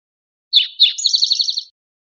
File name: CR SPTO